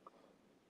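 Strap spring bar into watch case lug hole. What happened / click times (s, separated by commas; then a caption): The spring bar snapped into the lug hole / 0.1 s. A spring bar on a watch strap is worked into the lug hole of a watch case. A single short, sharp click sounds at 0.1 s over low background noise, and the bar is seated in the lug hole.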